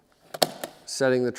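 The hinged plastic rear trap door of a live-catch mouse trap is pressed down to set the trap, with softer taps at 0.3 s and 0.6 s before and after. It gives a sharp plastic click at 0.4 s as it latches into its set position. Someone talks afterward.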